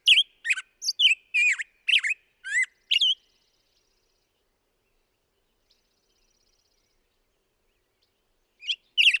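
Black-headed grosbeak song, a quick string of slurred, whistled phrases lasting about three seconds, then a long silence before a few more notes resume.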